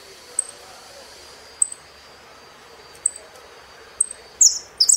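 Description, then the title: Saffron finch uttering a few isolated high chirps roughly a second apart, then a louder, harsh double burst at the end. "Jilguero Argentino"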